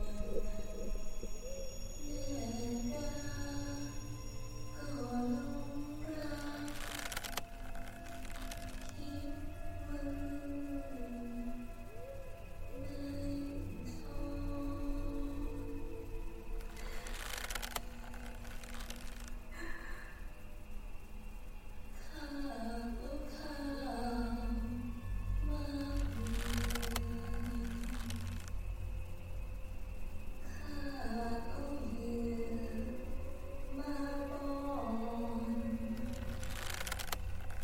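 A female voice sings a slow, wavering lullaby in drawn-out phrases over a low steady hum, with sharp bright bursts near 7, 17, 27 and 36 seconds.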